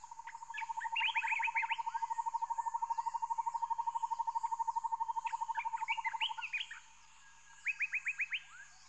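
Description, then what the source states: Birds calling: a rapid, steady pulsed trill near one pitch running for about six seconds, overlaid with scratchy chirps, then a short burst of five quick notes. Recorded as lake ambience.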